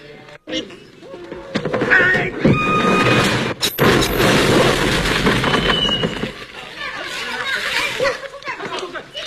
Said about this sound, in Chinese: 哎，怎么了？砸着了没有？ 坏了！ 音箱怎么掉？赶紧！这音箱怎么会掉下来？楼上干啥呢？